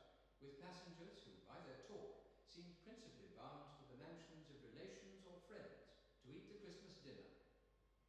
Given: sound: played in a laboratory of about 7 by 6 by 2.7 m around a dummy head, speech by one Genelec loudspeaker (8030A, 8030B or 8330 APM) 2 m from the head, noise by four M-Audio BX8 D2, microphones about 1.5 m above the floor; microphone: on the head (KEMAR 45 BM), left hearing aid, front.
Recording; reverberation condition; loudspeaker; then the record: male speech in English; high; 30 degrees to the right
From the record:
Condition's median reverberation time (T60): about 1300 ms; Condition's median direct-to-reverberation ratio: about -4.0 dB